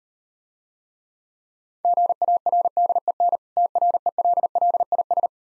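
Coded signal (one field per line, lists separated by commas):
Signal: Morse code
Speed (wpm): 38 wpm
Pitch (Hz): 700 Hz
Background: none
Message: GARDEN TRELLIS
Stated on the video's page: Morse practice drill at 30 wpm of difficult words with contextual hints.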